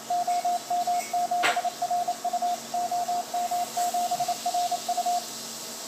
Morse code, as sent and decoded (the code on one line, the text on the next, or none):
--- -- --... .-. ..- / --- -- --... .-. ..-
OM7RU OM7RU